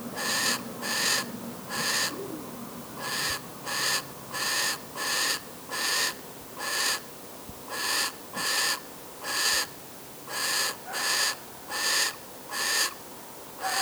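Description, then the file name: Bird giving rasping, hiss-like bursts at a little over one per second. Female bird giving a contact call. "TA glos kontaktowy samicy"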